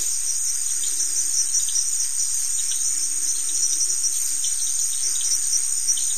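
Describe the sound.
Crickets give a steady, high-pitched chirping chorus without pause from start to finish.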